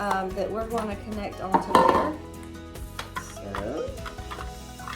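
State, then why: Not seated. Someone talks over background music while a plastic hopper and pusher assembly is handled against the body of a kitchen fry cutter, making soft plastic clatter and brief light taps around 3.0, 3.2, 4.4 and 4.9 seconds. The hopper has not yet clicked into place on the fry cutter.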